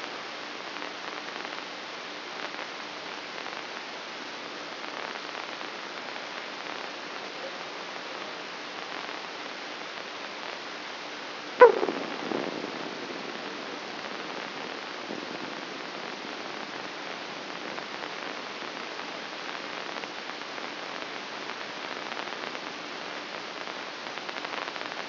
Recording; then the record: brain microelectrode recording played as sound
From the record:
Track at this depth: inside the subthalamic nucleus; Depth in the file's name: 4.863 mm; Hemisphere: left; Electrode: 3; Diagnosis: Parkinson's disease